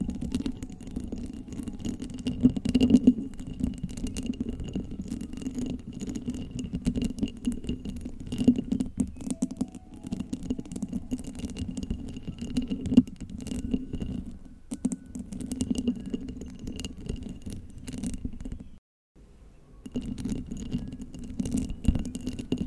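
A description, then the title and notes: Glass being scratched in a continuous, grinding rhythm, with a dense rasping texture centered low and thin bright streaks above. The scraping holds fairly steady, briefly cutting out near nineteen seconds before resuming. This episodes contains glass scratching.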